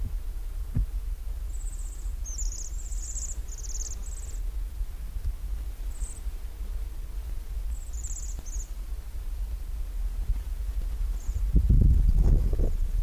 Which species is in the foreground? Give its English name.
Bohemian Waxwing